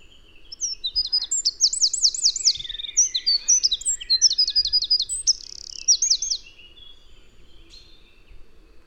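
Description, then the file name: Eurasian wren song: a long, energetic tumble of high trills and twittering phrases, then silence, over a faint low background hum. "Troglodytes troglodytes"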